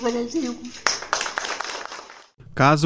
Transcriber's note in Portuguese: palmas